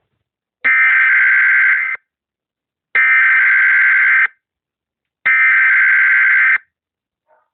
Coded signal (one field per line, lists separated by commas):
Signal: Emergency Alert System (SAME) tones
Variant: header bursts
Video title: a national emergency alert system test. welcome to my works station everyone!